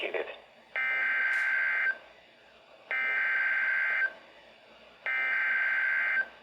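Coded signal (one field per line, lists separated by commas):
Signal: Emergency Alert System (SAME) tones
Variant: header bursts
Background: speech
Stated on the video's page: Severe Thunderstorm Warning EAS activations from NWS Milwaukee/Sullivan, captured off a Midland WR120BEZ weather radio with a phone voice recorder beside it.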